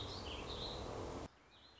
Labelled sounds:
Warbling Vireo
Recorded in Sonoma County, California

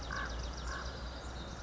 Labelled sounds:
Common Raven
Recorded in Sonoma County, California

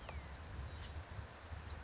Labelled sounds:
Chestnut-backed Chickadee
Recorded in Sonoma County, California

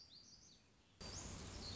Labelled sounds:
Black-throated Gray Warbler
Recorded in Sonoma County, California

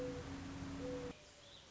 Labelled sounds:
Mourning Dove
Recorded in Sonoma County, California

